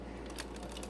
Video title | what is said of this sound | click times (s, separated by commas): How to Transform 2005 Transformers Cybertron Optimus Prime (re-upload) | this down click it in | 0.4 s